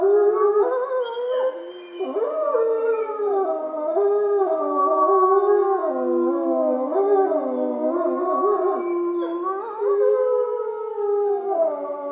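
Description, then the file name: Gray wolf: several wolves howl together in a wavering chorus, tones bending up and down between sustained notes. Wolves recorded in Schorfheide, Germany, on 29 October 2015. "Wölfe Schorfheide 151029"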